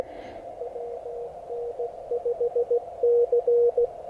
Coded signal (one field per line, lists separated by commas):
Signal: Morse code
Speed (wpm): 16 wpm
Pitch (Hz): 480 Hz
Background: none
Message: WN5C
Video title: How I evaluate a new POTA site plus serious QRP fun with my new-to-me Elecraft KX1